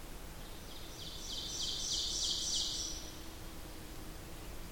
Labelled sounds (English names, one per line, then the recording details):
Ovenbird song
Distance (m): 45 m
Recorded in boreal forest in Alberta, Canada, on 8 June 2016 at 08:49
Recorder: SongMeter 3, array SBT-3-9
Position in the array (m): 166 m, 150 m
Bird 35